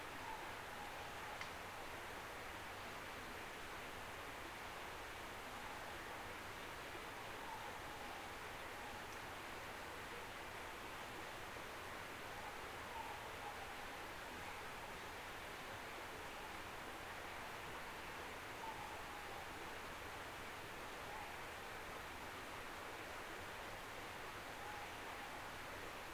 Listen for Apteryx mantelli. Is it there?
no